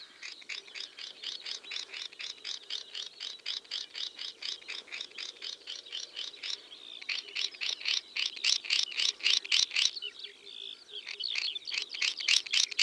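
Swinhoe's snipe giving a long series of sharp, high clipped notes, about four per second, growing louder toward the end.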